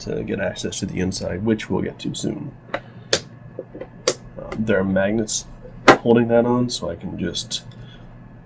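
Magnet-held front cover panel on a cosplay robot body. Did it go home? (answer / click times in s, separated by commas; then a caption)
no / none. Someone talks while handling the magnet-held front cover panel of a cosplay robot body, a removable section of the shell that is being put back. Sharp clicks and knocks sound around 3.1 s and 4.1 s, with softer taps in between. The panel has not snapped into place yet, and nothing has seated.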